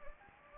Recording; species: mosquito wingbeat signal from an infrared sensor; Anopheles gambiae